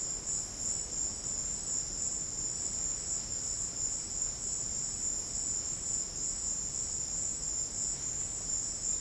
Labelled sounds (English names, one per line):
none